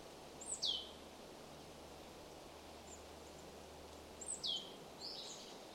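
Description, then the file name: Marsh tit giving two quick, high downward-sweeping call notes nearly four seconds apart, with a faint brief note after the second, against steady background hiss. "Poecile palustris"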